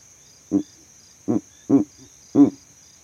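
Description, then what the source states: Verreaux's eagle owl making four deep, grunting hoots spaced unevenly over two seconds, with a steady high insect chorus throughout. Male advertising his territory from a tree in the savanna; captured overnight by a sound recording rig set up in that same tree.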